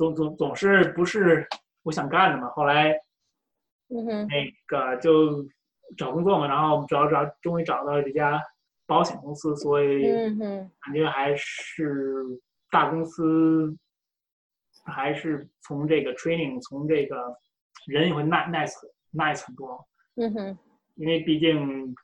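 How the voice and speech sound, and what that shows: An adult man born in Beijing, who moved to the US at 17, talks in Mandarin with frequent pauses of over a second, stretched syllables and repeated words and phrases. These breaks in flow fit stuttering, a speech fluency disorder marked by repetitions, prolongations and blocks. Several rounds of treatment in suburban Beijing brought no improvement.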